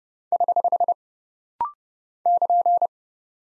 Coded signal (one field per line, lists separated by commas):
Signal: Morse code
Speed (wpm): 30 wpm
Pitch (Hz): 700 Hz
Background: none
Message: <HH> <KN>